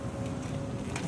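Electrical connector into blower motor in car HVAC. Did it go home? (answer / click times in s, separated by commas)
no / none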